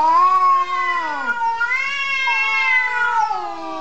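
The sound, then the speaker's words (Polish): A cat lets out a long, drawn-out meow that wavers and bends in pitch, sliding down then rising again in a whining, caterwauling tone with no talking over it. “O psią i kocią muzykę pytał Tomasz Jeleński.”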